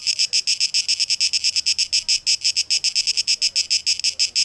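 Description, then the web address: Cicada song, a high buzzy rattle pulsing rapidly in steady, slightly uneven bursts, with no other clear sounds. Cicadas recorded on 12 August 2023, tape echo mix. "rauschpartikel Audio 2023-08-12 Zikaden"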